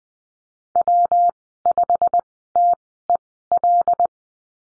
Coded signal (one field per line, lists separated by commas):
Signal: Morse code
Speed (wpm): 20 wpm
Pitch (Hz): 700 Hz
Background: none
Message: W5TEL